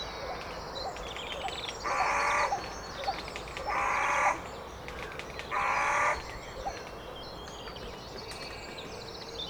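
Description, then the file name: Carrion crow gives three short, hoarse, muffled calls spaced about two seconds apart, with other birds chirping throughout. "Corvus corone"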